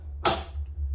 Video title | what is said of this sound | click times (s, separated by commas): Full Review: Is the New M12 FUEL OMT the best 12v out there? Let's see! | snapped into place we have the same style tooth available curved japanese tooth | 0.2 s